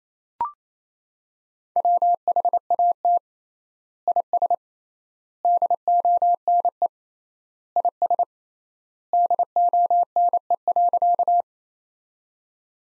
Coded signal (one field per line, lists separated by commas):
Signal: Morse code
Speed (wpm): 28 wpm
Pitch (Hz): 700 Hz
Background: none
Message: WHAT IS DONE IS DONE.